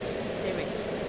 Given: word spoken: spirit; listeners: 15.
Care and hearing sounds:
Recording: one English word in noise, from a listening test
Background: speech-shaped noise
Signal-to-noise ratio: -5.7 dB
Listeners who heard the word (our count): 0 of 15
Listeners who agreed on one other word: 7 of 15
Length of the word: 0.69 s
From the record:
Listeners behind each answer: 7, 2, 2, 1, 1, 1, 1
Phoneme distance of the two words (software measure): 27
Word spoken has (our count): 2 syllables, 6 phonemes, stress on syllable 1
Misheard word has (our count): 2 syllables, 5 phonemes, stress on syllable 1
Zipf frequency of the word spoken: 4.66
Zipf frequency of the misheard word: 3.30

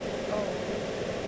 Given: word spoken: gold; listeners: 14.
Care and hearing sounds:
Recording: one English word in noise, from a listening test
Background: speech-shaped noise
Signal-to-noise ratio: -5.7 dB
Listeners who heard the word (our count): 0 of 14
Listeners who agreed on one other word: 7 of 14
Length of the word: 0.88 s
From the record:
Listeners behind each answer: 7, 1, 1, 1, 1, 1, 1, 1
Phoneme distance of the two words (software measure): 7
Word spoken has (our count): 1 syllable, 4 phonemes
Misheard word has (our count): 1 syllable, 3 phonemes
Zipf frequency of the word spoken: 5.10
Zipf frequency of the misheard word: 5.79

